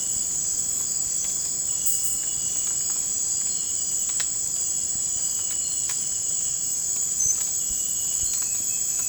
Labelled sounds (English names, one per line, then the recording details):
none
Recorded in dense forest near Puerto Asís, Putumayo, Colombia, on 26 December 2024 at 03:00
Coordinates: 0.481, -76.323
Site G100